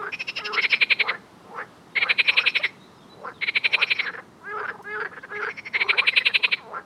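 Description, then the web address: Frog chorus with loud, buzzy pulsed croaks in bursts of under a second, and quieter croaks from other frogs between them. "Soundscape Frog 1"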